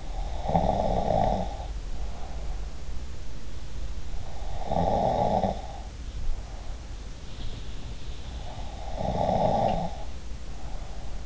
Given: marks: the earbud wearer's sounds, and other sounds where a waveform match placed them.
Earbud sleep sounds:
sounds in sleep by an in-ear microphone; snoring breath
0.00-2.55 s: snoring breath
4.30-6.74 s: snoring breath
8.86-11.26 s: snoring breath

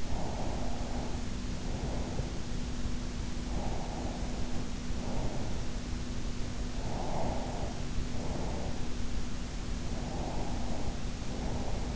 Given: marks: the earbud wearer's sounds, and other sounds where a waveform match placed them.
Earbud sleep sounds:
sounds in sleep by an in-ear microphone; breath
0.00-2.27 s: breath
3.52-5.55 s: breath
6.73-8.80 s: breath
9.99-11.96 s: breath

